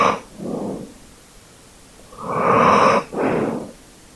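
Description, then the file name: Dog breathing: short breaths at the start, then after a pause a long heavy breath, quickly followed by another, in a quiet background. "dog asmr"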